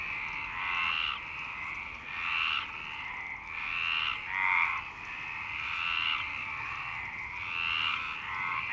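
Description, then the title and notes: Frog chorus of rasping, pulsed croaks, overlapping calls swelling and fading in waves every second or two. Frogs in Parc Longchamp, Marseille, Provence-Alpes-Côte d'Azur, France, 26 March 2011 at 19:35, recorded with a MixPre-6 and BASIC UCHO. "Marseille, Provence-Alpes-Côte d'Azur, France - 26_03_11_19_35 Longchamps_004 grenouilles. Grenouilles au parc de Longchamp MIXPRE 6 + BASIC UCHO"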